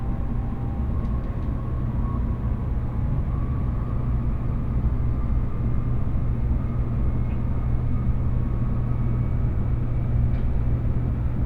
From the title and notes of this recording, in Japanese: 東海道新幹線こだま浜松→静岡。朝一番の浜松始発の新幹線です。